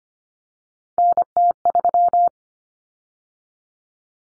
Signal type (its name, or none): Morse code